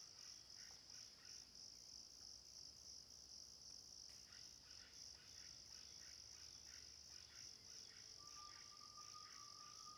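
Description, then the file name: Crickets: a steady, high-pitched shimmering band, with a brief thin whistle near the end. Natural forest ambience. "Ambiencia mata das andorinhas grilos, passaros maritaca longe"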